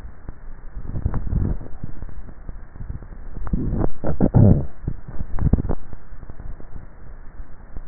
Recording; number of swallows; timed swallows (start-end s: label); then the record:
swallowing sounds by neck microphone; 3
0.92-1.58 s: swallow
3.25-3.82 s: swallow
5.15-5.62 s: swallow
From the record:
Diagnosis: dysphagia